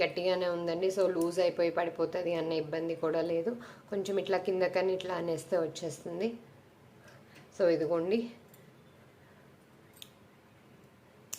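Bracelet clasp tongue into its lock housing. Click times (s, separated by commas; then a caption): 11.3 s. A woman talks while pushing the tongue of a stone-set, gold-finish bracelet's box-lock clasp into its lock housing. After a quiet stretch, a sharp click sounds at 11.3 s as the clasp locks.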